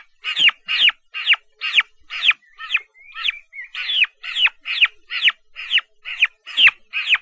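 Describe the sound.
Turkey chicks peeping, a steady run of high, downward-sweeping chirps about twice a second, with a brief softer trill partway through.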